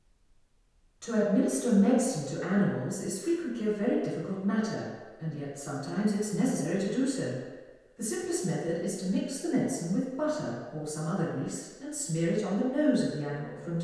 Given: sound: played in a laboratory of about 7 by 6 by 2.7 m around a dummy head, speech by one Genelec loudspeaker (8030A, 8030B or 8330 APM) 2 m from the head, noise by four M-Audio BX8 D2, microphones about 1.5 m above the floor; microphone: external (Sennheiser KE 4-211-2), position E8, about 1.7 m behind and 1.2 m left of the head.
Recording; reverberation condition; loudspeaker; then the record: female speech in English; high; 90 degrees to the right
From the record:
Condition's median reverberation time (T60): about 1300 ms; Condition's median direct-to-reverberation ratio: about -4.0 dB